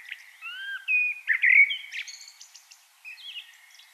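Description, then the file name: Common blackbird with a continuous run of rich fluted whistles that climbs into thin, squeaky high notes. "Turdus merula"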